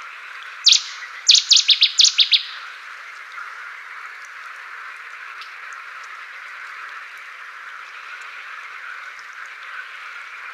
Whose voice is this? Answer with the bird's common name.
Cetti's Warbler